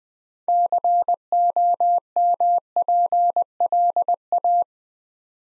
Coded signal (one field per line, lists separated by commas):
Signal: Morse code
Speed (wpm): 21 wpm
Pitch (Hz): 700 Hz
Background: none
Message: COMPLA